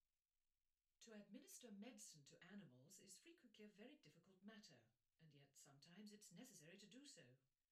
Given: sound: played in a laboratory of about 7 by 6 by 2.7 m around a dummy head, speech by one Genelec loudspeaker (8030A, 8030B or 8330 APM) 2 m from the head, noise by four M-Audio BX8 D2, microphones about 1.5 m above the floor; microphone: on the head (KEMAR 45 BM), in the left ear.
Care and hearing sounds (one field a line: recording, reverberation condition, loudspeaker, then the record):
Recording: female speech in English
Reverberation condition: low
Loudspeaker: 30 degrees to the right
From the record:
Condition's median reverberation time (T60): about 310 ms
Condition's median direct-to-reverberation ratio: about 3.5 dB